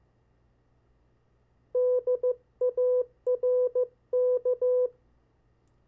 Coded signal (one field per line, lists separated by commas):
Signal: Morse code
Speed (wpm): 15 wpm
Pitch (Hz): 500 Hz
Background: none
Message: DARK